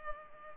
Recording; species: mosquito wingbeat signal from an infrared sensor; Culex pipiens